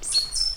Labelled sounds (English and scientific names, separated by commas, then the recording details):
Stitchbird (Notiomystis cincta) song
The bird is a male
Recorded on Tiritiri Matangi Island, New Zealand, in 2005
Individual 5, of nest box 6